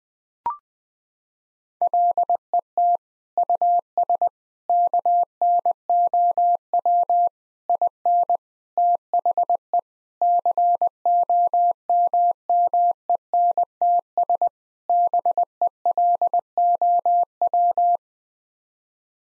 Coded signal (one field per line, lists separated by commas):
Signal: Morse code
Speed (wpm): 20 wpm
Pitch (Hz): 700 Hz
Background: none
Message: LET US KNOW IN THE COMMENTS BELOW